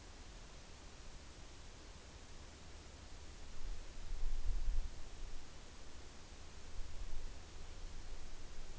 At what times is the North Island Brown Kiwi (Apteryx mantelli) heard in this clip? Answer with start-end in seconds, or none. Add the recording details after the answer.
none. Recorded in New Zealand on 6 June 2014. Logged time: 02:19